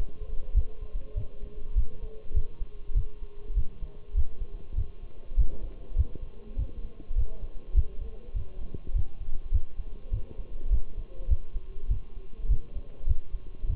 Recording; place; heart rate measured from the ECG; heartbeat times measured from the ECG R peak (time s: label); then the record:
heart sounds by stethoscope; between the tricuspid and mitral areas; 101 bpm
0.56 s: heartbeat
1.17 s: heartbeat
1.77 s: heartbeat
2.36 s: heartbeat
2.96 s: heartbeat
3.57 s: heartbeat
4.16 s: heartbeat
4.77 s: heartbeat
5.38 s: heartbeat
5.97 s: heartbeat
6.58 s: heartbeat
7.17 s: heartbeat
7.76 s: heartbeat
8.36 s: heartbeat
8.95 s: heartbeat
9.53 s: heartbeat
10.13 s: heartbeat
10.72 s: heartbeat
11.30 s: heartbeat
11.90 s: heartbeat
12.50 s: heartbeat
13.08 s: heartbeat
13.69 s: heartbeat
From the record:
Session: Bruce protocol treadmill stress test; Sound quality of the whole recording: partially saturated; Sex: male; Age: 23 years